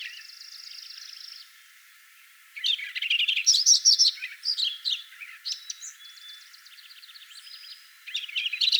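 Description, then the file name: Lincoln's sparrow song: a bubbling, gurgling run of rapid trills and chips lasting about three seconds, with thin high tones before and after. "Lincolns Sparrow singing"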